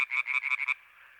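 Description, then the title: European tree frog giving a quick burst of several harsh, pulsed croaks, then stopping, with a faint chorus continuing behind. Recorded 21 May 1993 at the Marguilliers pond in Sologne, France, an hour after nightfall, during intense calling activity of many tree frogs. "Choeur de rainettes en Sologne"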